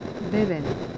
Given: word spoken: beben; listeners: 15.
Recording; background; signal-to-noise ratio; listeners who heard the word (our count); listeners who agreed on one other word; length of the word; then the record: one Spanish word in noise, from a listening test; noise modulated by three-talker babble; 3.6 dB; 3 of 15; 11 of 15; 0.58 s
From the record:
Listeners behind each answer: 11, 3, 1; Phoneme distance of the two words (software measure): 10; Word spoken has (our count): 2 syllables, 5 phonemes, stress on syllable 1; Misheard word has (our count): 2 syllables, 5 phonemes, stress on syllable 1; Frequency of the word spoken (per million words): 3.85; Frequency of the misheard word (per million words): 183.58